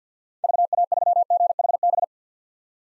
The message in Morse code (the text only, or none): VA3GHB